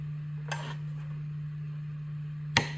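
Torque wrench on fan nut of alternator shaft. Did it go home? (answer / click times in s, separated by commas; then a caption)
yes / 2.6 s. A torque wrench tightens the nut holding the fan onto the alternator shaft of a 1979 VW Super Beetle, with the shaft held so it won't turn. A steady low hum runs underneath, with a faint earlier tick near 0.5 s. The wrench gives a sharp click at its set torque at 2.6 s.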